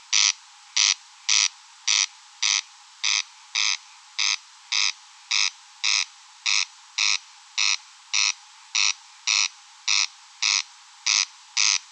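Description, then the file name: Corn crake calling with rhythmic, rasping crek notes, steady throughout, quiet surroundings. Recorded at Rønbjerg Enge. "Engsnarre Roenbjerg Enge"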